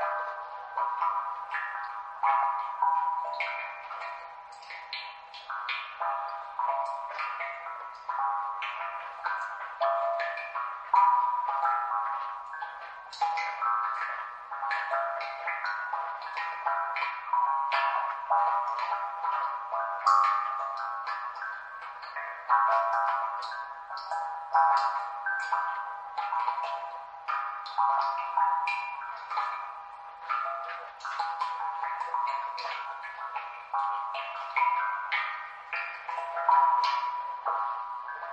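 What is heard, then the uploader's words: Wind chimes ring without pause for the whole stretch, their bright metallic tones overlapping in a dense, shimmering wash. New strikes land every second or so at an uneven pace, some louder than others, and there is no low sound underneath. Wind chimes.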